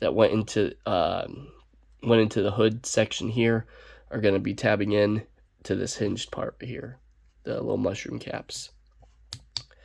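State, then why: Seated. Someone talks while pushing the plastic tabs from the hood section of a Transformers Buzzworthy Cybertronian Bumblebee transforming toy onto the mushroom-cap pegs of a hinged part. Two sharp clicks are heard at 9.3 s and 9.6 s as the tabs snap into place, and the parts lock together.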